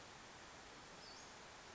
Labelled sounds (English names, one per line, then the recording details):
Western Flycatcher
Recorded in Sonoma County, California